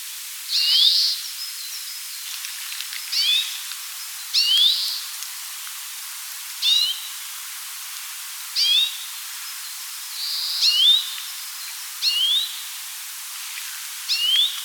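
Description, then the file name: Grey-capped greenfinch calling: a series of rising twittered notes mixed with brief nasal buzzes, irregularly spaced over fifteen seconds, with faint hiss behind. "Carduelis sinica"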